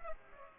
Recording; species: mosquito wingbeat signal from an infrared sensor; Culex pipiens